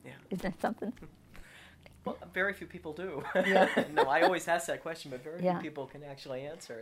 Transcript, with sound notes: Is that something?
Very few people do. [Laughs] I always ask that question, but very few people can actually answer it.